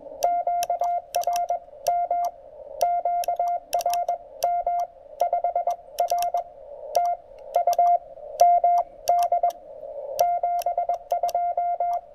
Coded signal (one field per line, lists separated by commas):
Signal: Morse code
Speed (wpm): 21 wpm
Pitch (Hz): 700 Hz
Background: radio noise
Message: QRM QRM 5 RTU MD 72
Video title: Penntek TR-45L Skinny: QRP (and QRM) at Gorges State Park!